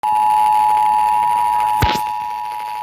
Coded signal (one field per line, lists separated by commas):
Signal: Emergency Alert System (SAME) tones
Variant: 853 and 960 Hz attention tone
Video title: EAS #100!!!... Severe Thunderstorm Warning (6-29-21) (EAS #97-101)